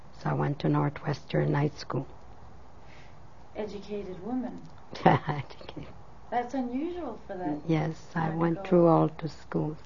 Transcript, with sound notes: I went to Northwestern, night school.
Educated woman.
(She laughs.) Thank you.
That's unusual for that--
Yes. I went through all the schools.